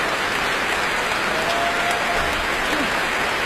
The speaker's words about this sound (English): She's just been applauding the promos themselves for that tremendous applause that they gave her for that presto by Bach.